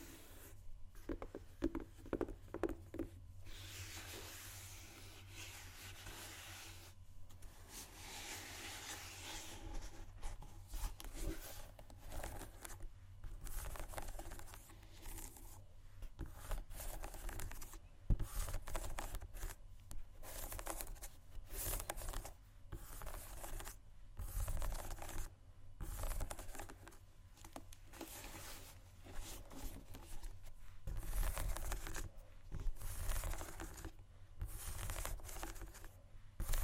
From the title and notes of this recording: ASMR Shoes Scratching & Tapping（No Talking）.